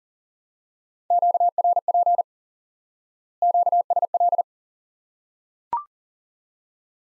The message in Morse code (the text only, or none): QRP QSL